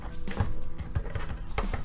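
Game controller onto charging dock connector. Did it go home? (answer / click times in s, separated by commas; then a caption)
no / none. A DualShock 4 controller is set down onto the charging connector of a plastic display and charge stand, making a series of short plastic taps and thunks around 0.3, 1.0, 1.2, 1.6 and 1.7 seconds, the loudest near 1.6 seconds. The controller does not click into the charging stand and just sits loosely in place, so nothing has seated or clicked.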